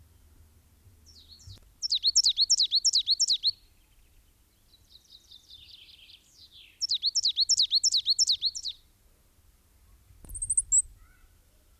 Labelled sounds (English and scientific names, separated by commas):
Coal Tit (Periparus ater) song